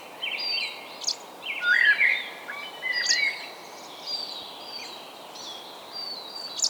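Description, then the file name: Common blackbird singing mellow, fluted phrases with squeaky flourishes among the chirps of several other birds. "Turdus merula"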